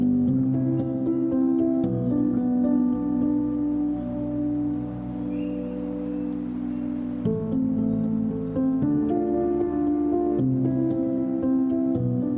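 String music plays in sustained, overlapping chords, shifting to new harmonies around two, seven and nine seconds, with plucked or bowed attacks marking the changes. Between roughly four and seven seconds the notes thin into a soft, airy hiss like quiet wind beneath the held tones.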